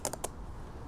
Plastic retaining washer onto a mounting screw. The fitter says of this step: hear it snap down now it holds the screw for the next step okay